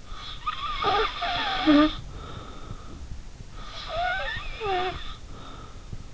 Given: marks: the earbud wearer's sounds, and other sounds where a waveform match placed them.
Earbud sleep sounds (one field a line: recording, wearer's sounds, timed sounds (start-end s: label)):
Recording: sounds in sleep by an in-ear microphone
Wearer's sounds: snoring breath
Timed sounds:
0.13-2.97 s: snoring breath
3.54-5.81 s: snoring breath